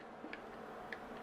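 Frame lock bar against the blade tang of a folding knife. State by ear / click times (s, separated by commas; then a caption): released / 0.3 s, 0.9 s. The frame lock bar of a folding knife is disengaged from the blade tang, letting go with a sticky release from lock stick. Two small, sharp clicks are heard at 0.3 s and 0.9 s over steady low background noise, and the lock is released.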